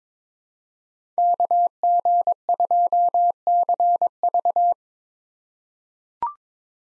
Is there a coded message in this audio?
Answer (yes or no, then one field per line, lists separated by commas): yes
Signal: Morse code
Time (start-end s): 1.2-4.7 s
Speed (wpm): 22 wpm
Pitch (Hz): 700 Hz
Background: none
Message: KG2CV